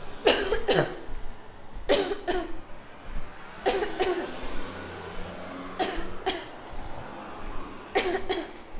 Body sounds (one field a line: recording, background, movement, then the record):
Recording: voluntary coughing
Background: traffic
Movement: walking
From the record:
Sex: female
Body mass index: 18.3 kg/m2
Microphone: on the chest, facing outward